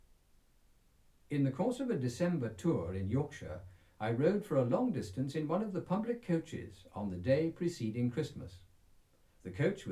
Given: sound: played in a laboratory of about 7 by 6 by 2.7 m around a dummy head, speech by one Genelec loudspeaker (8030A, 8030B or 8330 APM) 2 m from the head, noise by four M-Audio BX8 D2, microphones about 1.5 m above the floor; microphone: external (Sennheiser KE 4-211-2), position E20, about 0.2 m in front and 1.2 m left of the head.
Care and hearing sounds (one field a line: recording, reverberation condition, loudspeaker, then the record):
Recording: male speech in English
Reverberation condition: low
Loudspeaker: 150 degrees to the right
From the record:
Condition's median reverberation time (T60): about 310 ms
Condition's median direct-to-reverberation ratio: about 3.5 dB